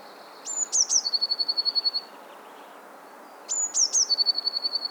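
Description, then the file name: Eurasian blue tit singing two phrases three seconds apart, each a high piping start with two descending notes, then a fast ringing trill. "Cyanistes caeruleus"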